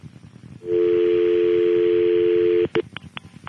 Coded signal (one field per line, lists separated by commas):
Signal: telephone call progress tone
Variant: North America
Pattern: dial tone